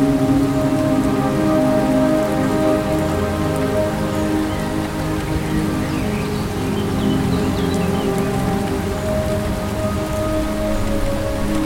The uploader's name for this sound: Raining Sounds